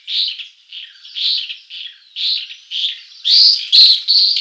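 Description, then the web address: White-rumped swift giving rapid, rasping screeches in a run of short bursts that grow louder toward the end. "Schulze Peter White-rumped Swift"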